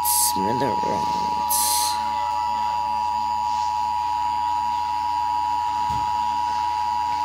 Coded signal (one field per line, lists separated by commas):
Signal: Emergency Alert System (SAME) tones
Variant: 853 and 960 Hz attention tone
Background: speech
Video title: Emergency alert system